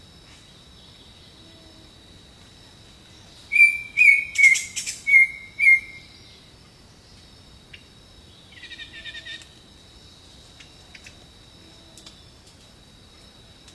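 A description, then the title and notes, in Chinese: Birds call in a jungle, with a burst of five loud, bright chirps from a bird between about 3.5 and 6 seconds. A softer, quicker twitter follows near 9 seconds, over a steady high insect-like hiss and a low rumble. 大自然的声音-丛林鸟鸣。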